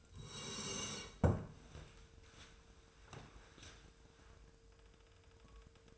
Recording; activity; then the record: daily activity, microphone in the room; sit down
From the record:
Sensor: 2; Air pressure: 1005.2 hPa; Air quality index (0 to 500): 101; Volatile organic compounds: 2 ppm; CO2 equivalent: 1220 ppm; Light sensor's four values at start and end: 7/18/7/7 and 7/17/7/7